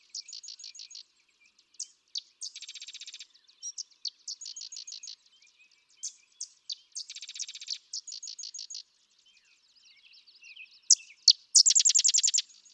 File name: Sedge Wren